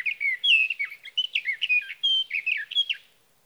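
Sage thrasher song: about three seconds of rapid, continuous warbling with quick rising and falling slurred notes, no other sounds.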